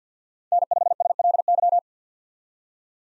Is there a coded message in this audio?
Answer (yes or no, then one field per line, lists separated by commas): yes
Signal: Morse code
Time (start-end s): 0.5-1.8 s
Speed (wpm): 50 wpm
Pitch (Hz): 700 Hz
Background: none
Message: N5SLY